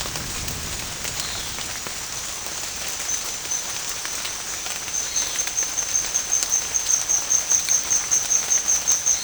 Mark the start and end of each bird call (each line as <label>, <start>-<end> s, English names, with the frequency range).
Violaceous Jay (2.6-4.8 kHz), 1.12-1.58 s
Violaceous Jay (2.4-4.8 kHz), 4.99-5.43 s